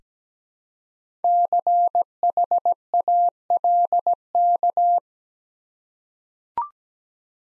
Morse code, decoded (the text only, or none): CHALK